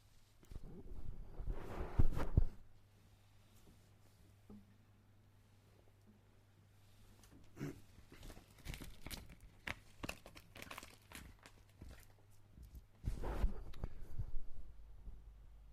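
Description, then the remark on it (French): Soft papery crinkling and rustling from hand-rolling a cigarette, with bursts of crackle at the start and end and scattered small crunches and taps in between, over a low steady hum. “Je suis en train de me rouler une cigarette.”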